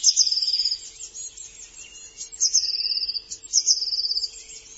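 A bird gives high, thin notes in short trilled bursts, repeated a few times.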